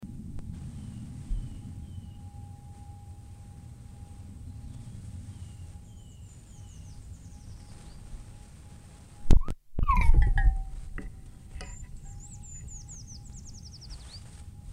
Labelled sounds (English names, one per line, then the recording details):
Eurasian Treecreeper
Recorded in the wild
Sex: male
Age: adult
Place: Freiburg, Baden-Württemberg, DE
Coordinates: 48.0333, 7.82472
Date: 1960-03-24
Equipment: Maihak MMK 4, Sennheiser MD 82
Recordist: Thielcke, Gerhard